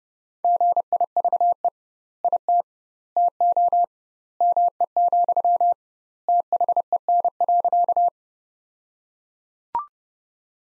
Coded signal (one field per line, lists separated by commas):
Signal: Morse code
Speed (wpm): 30 wpm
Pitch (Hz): 700 Hz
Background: none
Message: GIVE IT TO ME, THEN.